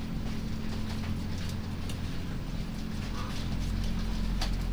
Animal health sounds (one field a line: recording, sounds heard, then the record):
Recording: poultry house recording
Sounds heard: sick chickens (respiratory disease)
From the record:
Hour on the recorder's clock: 1